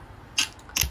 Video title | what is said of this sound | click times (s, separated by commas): Laptop Ram Upgrade Bangla - Ram Bus Speed Check - Ram Installation Laptop | যে দেখুন click শব্দ হয়েছে এবং এটা লেগে গেছে। খুব ভালোভাবে লেগে গেছে। | 0.4 s, 0.8 s